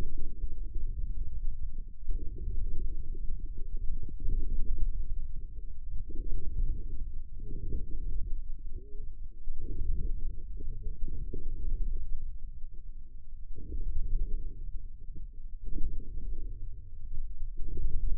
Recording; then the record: forearm muscle sounds (acoustic myography)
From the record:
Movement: inward rotation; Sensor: system 2, bracelet of six BSWA MPA416 microphones around the upper forearm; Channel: 6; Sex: male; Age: 22 years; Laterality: right